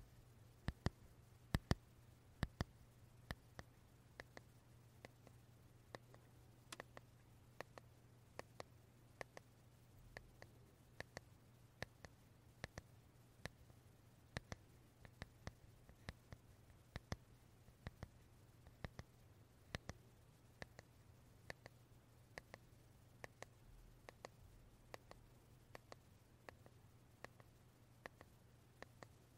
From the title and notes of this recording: Wooden brush tapping , touching sound.